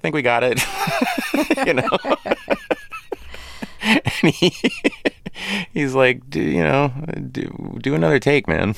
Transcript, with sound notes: I think we got it. (Laughter) You know? (Laughter) And he - (laughter) he's like, do - you know, do another take, man